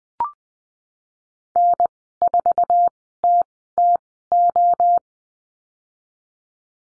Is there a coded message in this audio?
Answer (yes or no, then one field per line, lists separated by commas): yes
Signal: Morse code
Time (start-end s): 1.6-5.0 s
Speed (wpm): 20 wpm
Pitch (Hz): 700 Hz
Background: none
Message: N4TTO